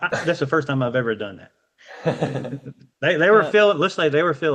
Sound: laughs

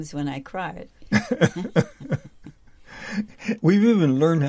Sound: laughs

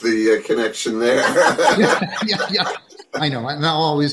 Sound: laughs

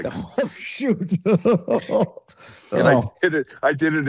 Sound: laughs

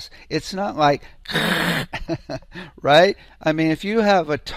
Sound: laughs

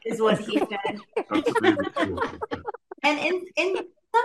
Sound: laughs

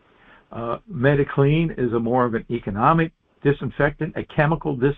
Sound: none

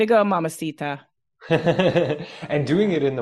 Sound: laughs

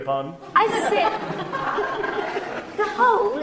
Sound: laughing

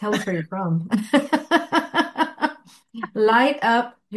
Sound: laughs

